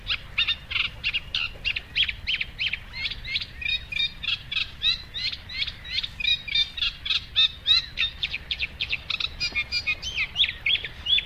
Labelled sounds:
Eurasian Reed Warbler song

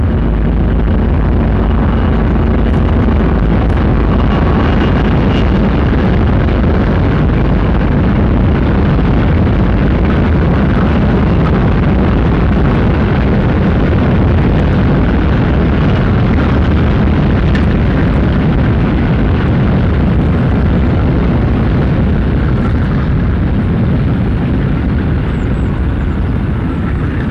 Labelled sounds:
Common Toad call

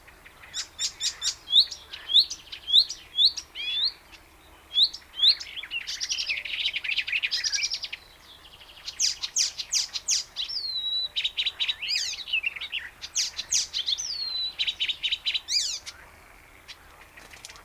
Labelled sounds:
Icterine Warbler song

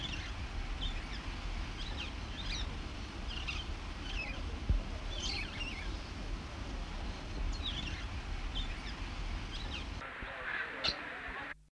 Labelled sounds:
Jonquil Parrot call

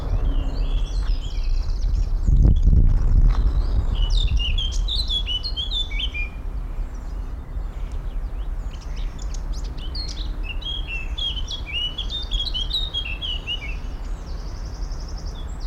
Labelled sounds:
Eurasian Blackcap

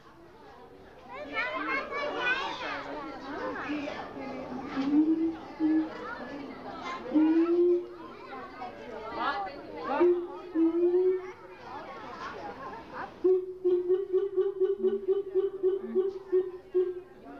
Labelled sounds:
Siamang

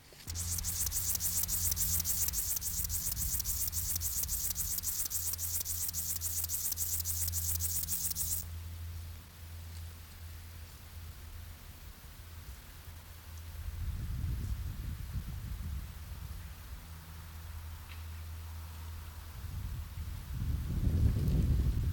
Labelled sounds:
Upland Field Grasshopper stridulation

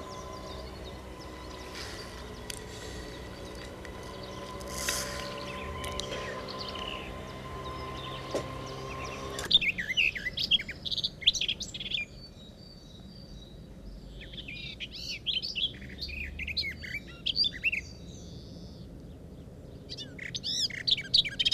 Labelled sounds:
Common Whitethroat song

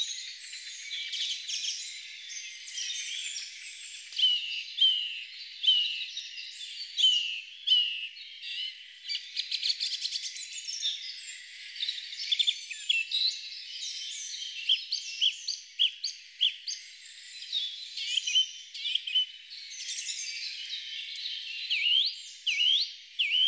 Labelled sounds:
Song Thrush song

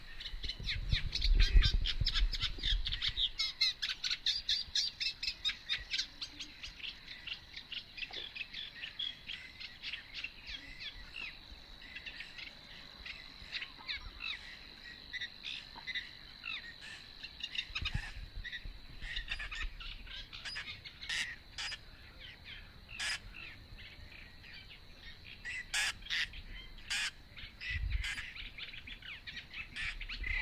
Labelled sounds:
Eurasian Reed Warbler song

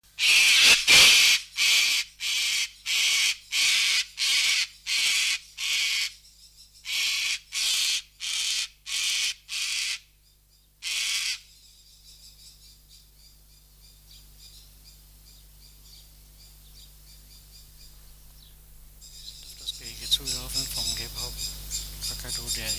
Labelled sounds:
Sulphur-crested Cockatoo call

